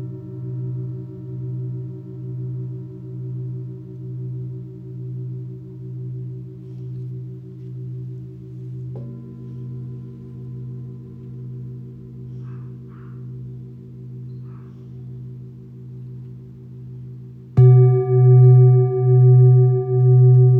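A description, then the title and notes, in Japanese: Tibetan singing bowls and ringing sanukite stones hum together in a long, slowly pulsing low drone. A second tone joins near nine seconds, faint high chirps pass around twelve to fourteen seconds, and a loud, bright strike at about seventeen seconds swells the sound. チャボとサヌカイト、チベタンシンギングボウルの三重奏。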